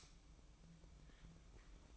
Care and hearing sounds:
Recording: daily activity, microphone in the room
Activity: light off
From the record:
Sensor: 1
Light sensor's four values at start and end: 9/20/8/9 and 9/20/8/9

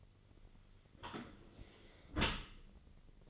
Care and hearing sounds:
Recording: daily activity, microphone in the room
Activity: close dishwasher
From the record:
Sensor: 4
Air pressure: 1003.9 hPa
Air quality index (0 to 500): 152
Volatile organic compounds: 2 ppm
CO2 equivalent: 1082 ppm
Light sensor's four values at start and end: 26/63/26/29 and 27/66/28/30

